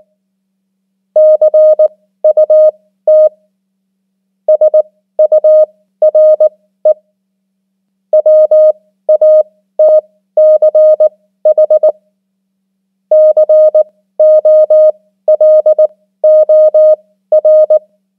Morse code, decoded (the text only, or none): CUT SURE WATCH COLOR